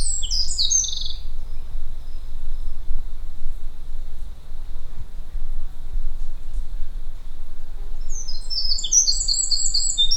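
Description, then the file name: Eurasian wren giving two bursts of fast, high, chattering notes, one at the start and one near the end, with a steady low rumble underneath throughout. "Troglodytes troglodytes"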